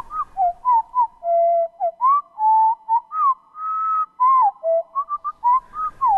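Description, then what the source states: Winter wren song, slowed down, as a run of clear whistled notes that swoop, rise and fall in pitch, with brief gaps between phrases. Small songbird song, slowed down and lowered in pitch; recorded before dawn at Quabbin Reservoir, central Massachusetts.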